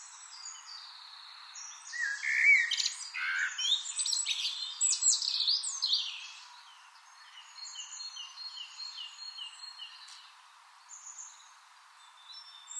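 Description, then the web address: Eurasian blackbird song: a brief fluty note then a dense burst of high squeaky twittering, trailing into faint thin chirps and soft background. "SETE data Turdus merula"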